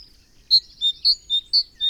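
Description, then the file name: Great tit calling: six clear whistled notes around a high pitch, alternating slightly higher and lower, repeated about every quarter second. "Parus major"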